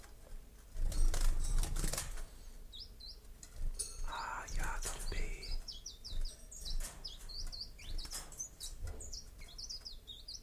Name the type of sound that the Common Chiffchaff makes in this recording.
song